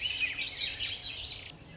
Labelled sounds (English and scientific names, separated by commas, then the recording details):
Swainson's Thrush (Catharus ustulatus)
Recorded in Sonoma County, California